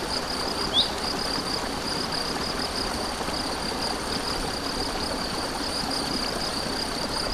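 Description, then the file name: Cricket song: a continuous high pulsed trill, partly masked by the constant rushing of a stream, with one brief sharp chirp near the start. Crickets beside a stream, recorded 7 May 2014 on an MZ-N 710 recorder. "MZ-N 710 Ruisseau et grillons 7 05 14"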